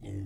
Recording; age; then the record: pig call; weaner (32 to 43 days)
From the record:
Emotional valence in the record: negative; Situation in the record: negative conditioning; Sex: female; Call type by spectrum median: low-frequency call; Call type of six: low-frequency stable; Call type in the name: low-frequency stable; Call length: 0.27 s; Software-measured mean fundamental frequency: 43 Hz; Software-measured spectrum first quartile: 95 Hz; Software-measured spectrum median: 165 Hz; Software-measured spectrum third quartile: 358 Hz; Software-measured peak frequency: 99 Hz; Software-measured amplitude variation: 65 dB a second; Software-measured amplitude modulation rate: 18.8 a second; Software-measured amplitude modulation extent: 3.5 dB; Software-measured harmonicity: -4.4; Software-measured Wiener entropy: -0.03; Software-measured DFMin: 1025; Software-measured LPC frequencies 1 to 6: 282, 2035, 3177, 4862, 5820, 6467 Hz